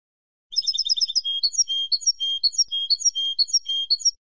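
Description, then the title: European goldfinch song opening with rapid liquid twitters, then slower repeated chirping notes alternating high and low, clean with no other sounds. "Jilguero"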